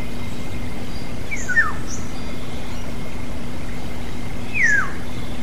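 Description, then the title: Black-naped oriole giving two descending, slurred notes about three seconds apart, over a steady low hum. "kepodang"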